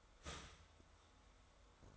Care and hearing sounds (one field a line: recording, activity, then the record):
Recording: daily activity, microphone in the room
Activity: start toaster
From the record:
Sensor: 3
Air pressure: 1014.7 hPa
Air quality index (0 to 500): 198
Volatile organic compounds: 25 ppm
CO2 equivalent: 2827 ppm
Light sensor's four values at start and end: 4/11/4/4 and 4/11/4/4